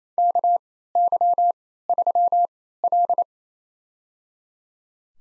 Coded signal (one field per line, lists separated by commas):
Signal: Morse code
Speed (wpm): 28 wpm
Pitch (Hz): 700 Hz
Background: none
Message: KY3L